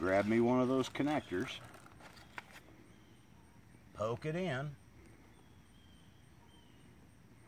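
Someone talks while handling a small plastic barbed drip connector, about to push it into a freshly punched hole in a polyethylene drip irrigation supply line. A few faint, brief ticks come near 1.9 s and 2.4 s amid quiet background noise. Nothing has seated or snapped in yet.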